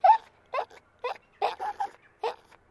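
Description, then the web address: Maltese dog whining: several short moaning whines, some doubled, with quiet gaps between. Maltese terrier, small dog in a distressed state, whining. "Sound Effects-Foundation 2 DOG MALTESE TERRIER DISTRESSED WHINE"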